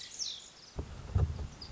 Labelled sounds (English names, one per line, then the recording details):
Lazuli Bunting
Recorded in Sonoma County, California